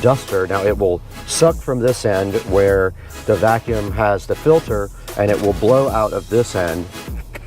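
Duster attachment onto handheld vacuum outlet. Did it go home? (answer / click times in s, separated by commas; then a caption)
no / none. A plastic duster/blower attachment is being handled at the outlet end of a handheld vacuum while someone talks over background music. The attachment has not yet gone on or locked in place, and nothing has seated or clicked by the end of the clip.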